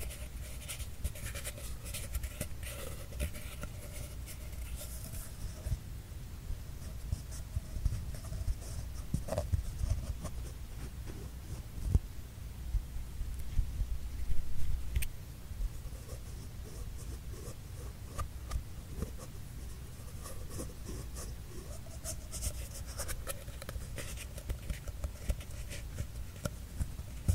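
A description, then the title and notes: Paper tube sounds: steady scraping and rubbing with frequent small taps and brief louder knocks around 12 and 15 seconds, over a low rumble. PAPER TUBE SOUND ASMR.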